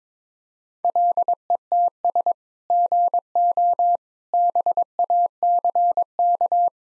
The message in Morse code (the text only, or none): LETS GO BACK